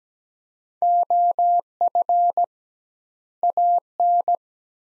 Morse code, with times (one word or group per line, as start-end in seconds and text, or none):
0.8-2.4 OF
3.4-4.4 AN